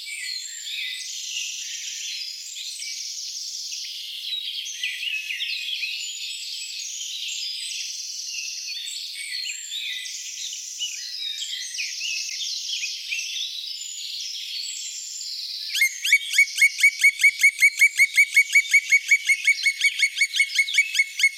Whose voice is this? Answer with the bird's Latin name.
Dryocopus martius